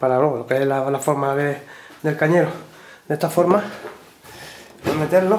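A flush-mount rod holder is being handled at the oval hole cut in a plastic kayak hull, just before being pushed in. Someone talks throughout, and no knock or other distinct handling sound stands out. Nothing has seated or clicked yet.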